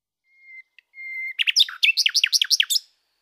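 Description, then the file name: Common nightingale song: soft pure whistles, the second swelling in volume, then a fast run of loud, downslurred notes. "Rossignol"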